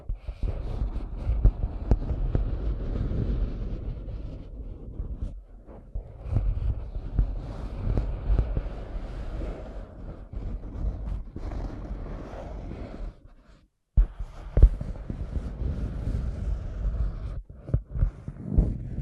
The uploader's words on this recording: ASMR Brain Tingling Scratching & Tracing (No Talking).